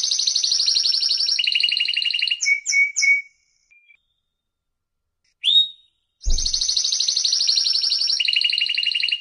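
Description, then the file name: Canary song: sustained fast high trills, a few clipped whistled notes and a pause, then the rolling trills resume with a faint low thump. "chant canari birdsforalldz"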